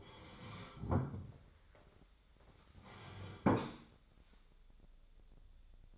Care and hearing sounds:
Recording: daily activity, microphone in the room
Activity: sit down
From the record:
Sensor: 3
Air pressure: 1015.2 hPa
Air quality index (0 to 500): 181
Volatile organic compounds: 18 ppm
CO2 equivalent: 2602 ppm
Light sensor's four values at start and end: 15/38/15/16 and 15/38/15/16

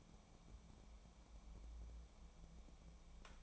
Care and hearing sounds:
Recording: daily activity, microphone in the room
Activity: take from stove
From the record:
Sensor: 1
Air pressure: 1000.0 hPa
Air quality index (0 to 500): 133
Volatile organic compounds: 2 ppm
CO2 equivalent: 1260 ppm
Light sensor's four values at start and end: 39/100/42/52 and 40/101/43/53

